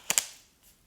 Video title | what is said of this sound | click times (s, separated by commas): HOW TO GET THE PERFECT BLOWOUT USING THE SHARK FLEXSTYLE! | So all you do is basically click it in there. You can hear it makes a little snap. | 0.1 s, 0.2 s